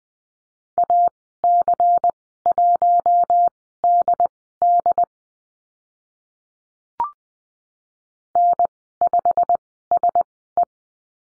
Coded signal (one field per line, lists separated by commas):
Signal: Morse code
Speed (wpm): 20 wpm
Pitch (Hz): 700 Hz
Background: none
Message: AC1DD N5SE